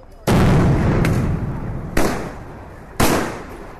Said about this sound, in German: Anti-Demonstrationseinheiten der Polizei haben den Platz längst umstellt. Sie tragen schwarze Uniformen, Helme und Schutzschilde. Sie feuern Gummigeschosse ab und zünden Tränengasgranaten. Es gibt Verletzte.